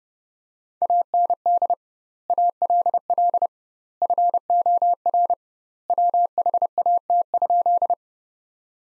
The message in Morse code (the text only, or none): AND ALL FOR WHAT?